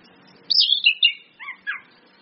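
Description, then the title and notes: Orange-headed thrush: a brief whistled phrase, a high slurred note falling into quick lower warbles. Indonesian training lure ('pancingan') of clear 'ngeplong' song with female whistles ('suitan betina'), meant to make birds sing eagerly ('gacor'). "PANCINGAN anis kembang ngeplong dan SUITAN BETINA. Masteran Anis Kembang"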